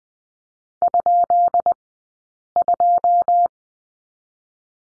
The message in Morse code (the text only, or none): ?2